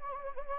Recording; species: mosquito wingbeat signal from an infrared sensor; Anopheles gambiae